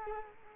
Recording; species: mosquito wingbeat signal from an infrared sensor; Culex quinquefasciatus